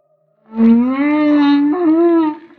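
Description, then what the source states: Humpback whale song unit: one long, smooth, rich-toned moan that rises slowly, holds steady, then lifts again near the end before fading. Maui.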